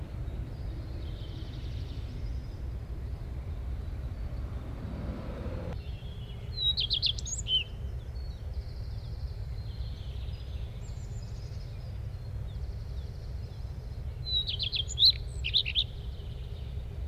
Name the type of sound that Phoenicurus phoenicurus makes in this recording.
song